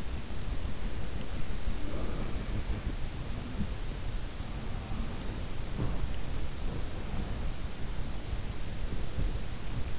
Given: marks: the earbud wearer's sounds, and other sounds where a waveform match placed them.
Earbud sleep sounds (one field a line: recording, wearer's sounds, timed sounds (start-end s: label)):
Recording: sounds in sleep by an in-ear microphone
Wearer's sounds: breath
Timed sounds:
0.00-3.03 s: breath
1.61-3.84 s: sound from someone else or the room
4.28-9.99 s: sound from someone else or the room